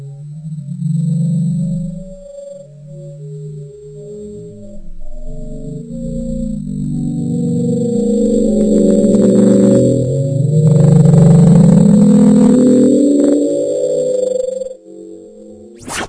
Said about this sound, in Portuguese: Esse som foi batizado de bloop, que ele se assemelha a uma bolha de água quando ele é acelerado a 16 vezes, se eu não me engano, que é o padrão de análise desse órgão, né, dos Estados Unidos, que grava os sons no oceano.